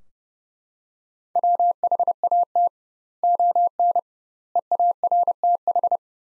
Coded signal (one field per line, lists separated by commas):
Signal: Morse code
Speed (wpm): 32 wpm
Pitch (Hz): 700 Hz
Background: none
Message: WHAT ON EARTH